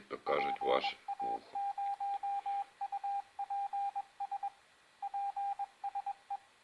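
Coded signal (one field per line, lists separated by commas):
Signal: Morse code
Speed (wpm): 21 wpm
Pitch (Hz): 800 Hz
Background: speech, radio noise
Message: PA0UPS PSE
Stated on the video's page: On-air Morse lesson introducing letters O, T, Z, ?, / with practice CQ calls and number groups.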